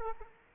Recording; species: mosquito wingbeat signal from an infrared sensor; Aedes aegypti